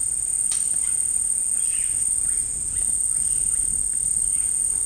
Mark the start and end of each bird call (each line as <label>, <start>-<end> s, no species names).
bird call, 1.58-3.63 s